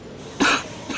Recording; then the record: coughing mixed with background sound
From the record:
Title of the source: 64 coughing, allergies, singing lungs